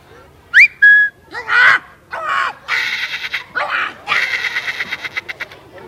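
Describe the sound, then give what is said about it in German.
An animal-voice imitator imitates a parrot with a couple of sharp, high whistles, then a run of loud, raspy squawks and chattering calls in quick, uneven bursts. “Ein Papagei, ja, ihr habt aber gute Ohren.”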